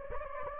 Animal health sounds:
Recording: mosquito wingbeat signal from an infrared sensor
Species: Anopheles gambiae

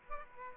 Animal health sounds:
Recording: mosquito wingbeat signal from an infrared sensor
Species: Aedes aegypti

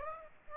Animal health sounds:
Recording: mosquito wingbeat signal from an infrared sensor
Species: Aedes aegypti

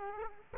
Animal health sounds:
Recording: mosquito wingbeat signal from an infrared sensor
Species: Aedes aegypti

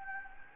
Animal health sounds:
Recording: mosquito wingbeat signal from an infrared sensor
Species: Anopheles gambiae

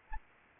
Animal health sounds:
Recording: mosquito wingbeat signal from an infrared sensor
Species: Anopheles arabiensis

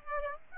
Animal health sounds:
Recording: mosquito wingbeat signal from an infrared sensor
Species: Aedes aegypti

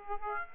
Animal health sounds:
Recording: mosquito wingbeat signal from an infrared sensor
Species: Aedes aegypti

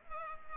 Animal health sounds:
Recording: mosquito wingbeat signal from an infrared sensor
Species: Culex pipiens

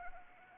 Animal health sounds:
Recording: mosquito wingbeat signal from an infrared sensor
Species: Anopheles arabiensis

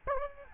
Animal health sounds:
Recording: mosquito wingbeat signal from an infrared sensor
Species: Aedes albopictus

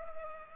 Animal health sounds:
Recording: mosquito wingbeat signal from an infrared sensor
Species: Culex pipiens

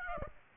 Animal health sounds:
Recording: mosquito wingbeat signal from an infrared sensor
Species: Aedes aegypti

